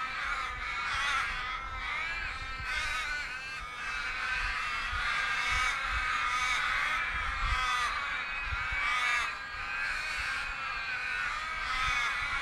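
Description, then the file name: Crows cawing as a flock, many harsh wavering calls overlapping in a continuous chorus. A group of crows. "Murder Of Crows at Yellagonga"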